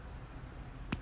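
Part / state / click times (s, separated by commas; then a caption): charging cable plug into rechargeable battery pack socket / seated / 0.9 s. The plug of the included charging cable for a 1:24 tracked remote-control excavator toy is pushed gently into the socket on its 4.8 V rechargeable battery pack. After quiet low background noise, one short, sharp click at 0.9 s marks the plug latching and catching in place.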